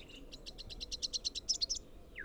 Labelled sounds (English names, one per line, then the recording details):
Rufous-capped Warbler song
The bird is a male
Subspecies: rufifrons
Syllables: 13
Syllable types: 3
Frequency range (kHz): 2.7-7.1 kHz
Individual YA-SON-M